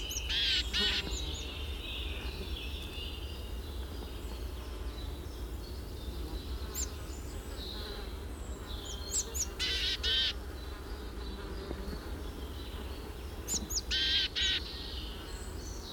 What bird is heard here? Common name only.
Marsh Tit